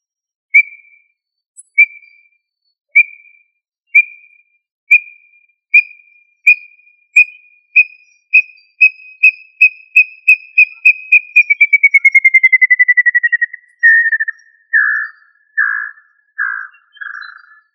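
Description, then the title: Tinamou whistled call series: pure notes repeated, starting slow and speeding into a rapid run, then sliding down in pitch into a few broader, falling notes at the end. "Familia Tinamidae - Quail - Puyuh"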